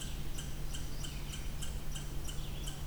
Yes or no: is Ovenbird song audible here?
no